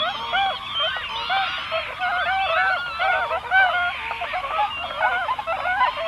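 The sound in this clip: Bewick's swans giving a steady babble of short, nasal honks and yelps, numerous birds overlapping without pause.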